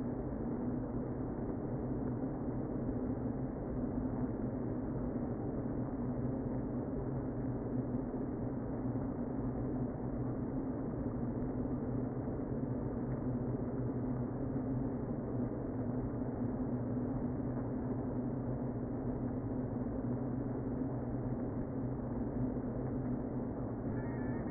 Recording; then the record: honeybee colony, microphone inside the hive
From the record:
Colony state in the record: queen present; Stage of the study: before two queens were removed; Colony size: about 60,000 bees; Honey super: yes